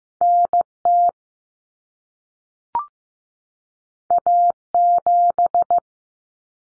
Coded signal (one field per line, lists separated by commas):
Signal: Morse code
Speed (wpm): 15 wpm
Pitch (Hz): 700 Hz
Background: none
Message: NT A7